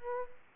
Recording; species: mosquito wingbeat signal from an infrared sensor; Culex quinquefasciatus